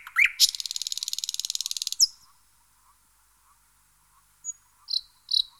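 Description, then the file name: Thrush nightingale song: a rising whistle, then a long fast mechanical rattle, a silence, and a few sharp scattered notes. "Jean C Roche - Rossignol progne"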